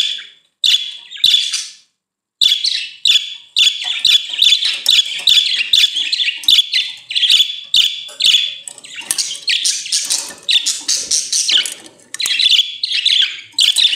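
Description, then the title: Budgerigar chatter, rapid high chirps and harsher squawky notes in dense runs with a brief silence early, plus faint clicks. "Budgie Sounds"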